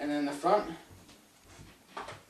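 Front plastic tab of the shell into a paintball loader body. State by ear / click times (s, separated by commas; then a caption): seated / 2.0 s. Someone talks as the front plastic tab of the shell is pressed home into a Dye Rotor paintball loader body. A short, sharp click at 1.9 s marks the tab locking in, and the tab is seated.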